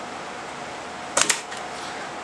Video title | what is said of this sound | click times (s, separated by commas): AR15 vs AR180: Armalite 5.56x45 rifles | and it all fits back together and locks into place | 1.2 s, 1.3 s